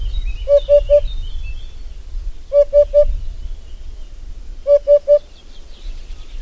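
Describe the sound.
Bird call: quick sets of three mellow, hooting notes, each set coming about every two seconds, over a steady low rumbling background.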